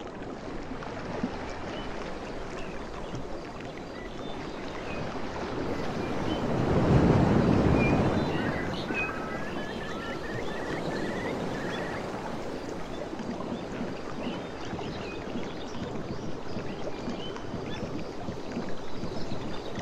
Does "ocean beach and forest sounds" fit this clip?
yes